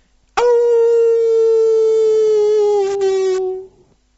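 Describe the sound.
A person taking a turn in a group howling exercise lets out one loud, sustained howl, holding a steady mid-pitched tone for about three seconds before it sags slightly in pitch and cuts off, with no other voices.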